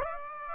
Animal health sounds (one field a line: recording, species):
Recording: mosquito wingbeat signal from an infrared sensor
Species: Aedes aegypti